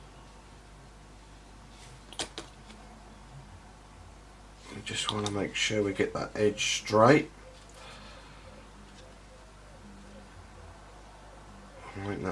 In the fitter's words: same with this bit it has a lovely nice feel to it when it clicks into place